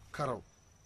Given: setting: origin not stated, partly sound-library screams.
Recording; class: one-second piece from a danger detection set; normal situation